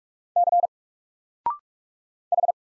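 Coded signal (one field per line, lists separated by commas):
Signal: Morse code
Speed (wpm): 44 wpm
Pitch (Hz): 700 Hz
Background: none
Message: C H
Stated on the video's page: Single letters in Morse at 45 wpm, each sent, spoken after a 0.6-second pause, then sent again, for instant character recognition.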